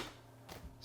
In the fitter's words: snaps into place.